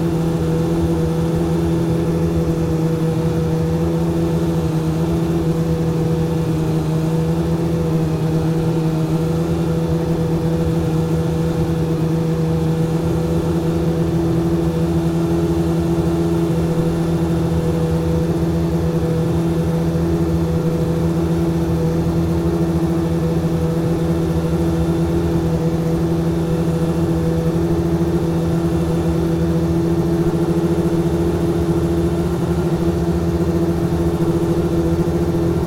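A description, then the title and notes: A V12 engine heard from inside the car holds a steady, droning hum for the whole stretch, with strong low tones and a bright whine layered above. The pitch barely changes, suggesting constant speed rather than hard acceleration, and loudness stays even throughout. Ayrton Senna’s 1991 McLaren MP4-6 Honda V12 In-Car Audio at Sonoma 2023. Climb into the engine bay of Ayrton Senna's F1 world championship-winning 1991 McLaren MP4/6-Honda V12 driven by his countryman and Indy 500 winner Tony Kanaan during the 2023 edition of Velocity Invitational at Sonoma Raceway.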